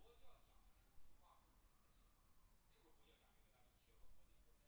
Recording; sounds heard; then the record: poultry house recording; no chicken sound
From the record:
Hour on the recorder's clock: 17